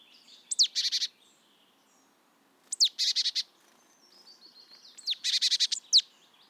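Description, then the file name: Marsh tit gives three calls, each a sharp high note followed by a rapid buzzy chatter, with faint background hiss. "Poecile palustris"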